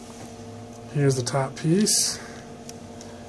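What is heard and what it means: Someone talks while handling the plastic top housing piece of an LG G2 smartphone, bringing it to the phone body during reassembly after a screen/LCD replacement, over a steady low hum with a few faint ticks near the end. Nothing has seated or clicked yet.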